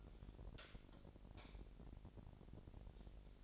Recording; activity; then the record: daily activity, microphone in the room; light off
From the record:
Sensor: 5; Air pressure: 1012.0 hPa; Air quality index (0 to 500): 247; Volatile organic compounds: 4 ppm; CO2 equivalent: 1703 ppm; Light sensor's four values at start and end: 42/100/42/45 and 41/95/40/42